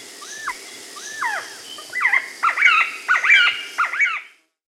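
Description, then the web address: Crested quetzal calling: a few slurred, sweeping notes, then a rapid overlapping burst of harsh, cackling notes before it stops abruptly. "Natures Songs S America Andean Birds. Crested Quetzal (Pharomachrus Antisianus)"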